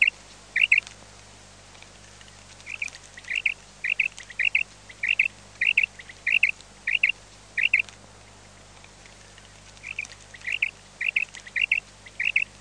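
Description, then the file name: Common quail repeating quick liquid call phrases: one at the start, then a run of about nine, a short pause, and five more; light background hiss. "QUAGLIA"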